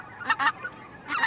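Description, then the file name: Greater white-fronted goose calls: honking yelps, two in quick succession, then another after a short pause. Flock chatter recording used as a hunting lure on an electronic caller. "Белолобый базар"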